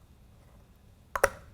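A three-pin weatherproof quick-disconnect plug on a wiring harness is lined up and pushed into the socket on the back of an LED stop, tail and turn light. After quiet low background noise, it clicks at 1.2 s, with a second louder snap right after at about 1.24 s. The connector locks in snugly and is seated.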